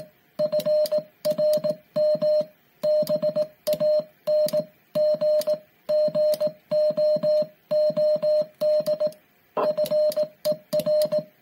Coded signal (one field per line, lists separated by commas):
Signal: Morse code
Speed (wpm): 18 wpm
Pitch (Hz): 610 Hz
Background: music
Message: FRM BANGGOOD FER